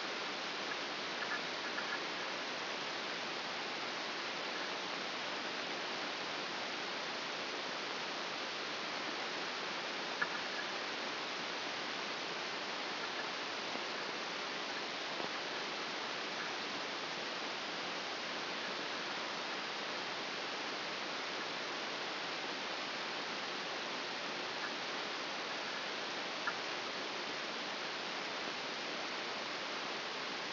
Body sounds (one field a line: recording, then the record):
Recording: brain microelectrode recording played as sound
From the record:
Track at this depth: outside the subthalamic nucleus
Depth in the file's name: 5.601 mm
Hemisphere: right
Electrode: 2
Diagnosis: Parkinson's disease